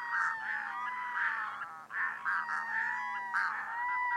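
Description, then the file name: Red-throated loon calls: nasal, harmonic cries in quick, uneven bursts with a short pause near two seconds, over a faint low hum. Recorded in Iceland. "Plongeon catmarin islande"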